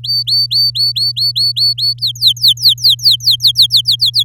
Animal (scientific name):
Serinus canaria